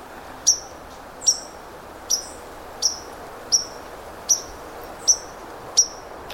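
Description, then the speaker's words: White-throated Sparrow giving several sharp, high 'pink' alarm notes over a soft, steady background hiss. Young bird with a dingy white throat and no yellow before the eye; alarm note rendered as 'pink'; still sings occasionally; trail toward Lake Superior, bright sunny warm morning. "So that's the alarm note of the white-throated sparrow."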